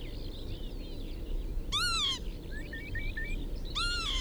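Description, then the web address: Northern lapwing uttering two hoarse, arched call notes two seconds apart, with thin chirping of other birds filling the gaps. "vogelstimmen kiebitz karl-heinzfrommolt deutsches tierstimmenarchiv"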